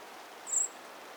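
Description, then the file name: Eurasian blackbird single call, a thin, piercing high note held briefly, over a quiet even hiss. "Turdus merula"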